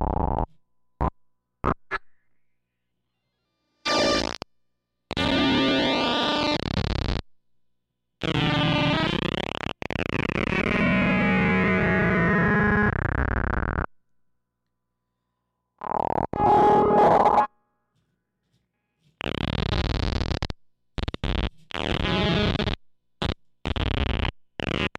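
Square-wave tones are played in bursts separated by silences, with buzzy, gritty timbres and pitches that sweep and glide. A few short clicks open the clip, followed by long droning stretches around 5–14 seconds, then choppy stuttering fragments toward the end.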